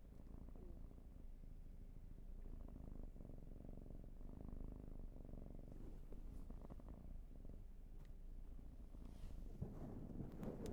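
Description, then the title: Cat purr, a soft low rumble rising and falling in long breath cycles, with light rustling toward the end. "Field Recs Purrathon RAW"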